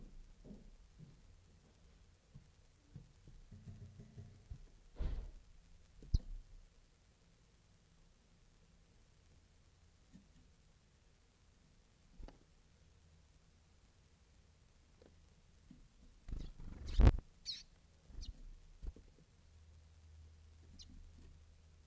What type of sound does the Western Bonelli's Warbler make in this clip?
begging call